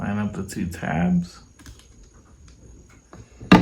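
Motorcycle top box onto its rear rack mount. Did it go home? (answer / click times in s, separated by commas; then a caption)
yes / 3.5 s. A motorcycle top box is lined up by its two tabs on the rear luggage rack of a 2018 Triumph Tiger 1200 XRT and pushed down onto its mount while someone talks. After some soft handling noises, a sharp, loud click at 3.5 s shows the top box has latched and seated on the rack.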